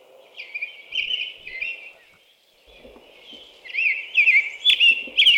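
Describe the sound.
American robin song: fluid whistled phrases running together, a short lull, then louder, faster caroling notes.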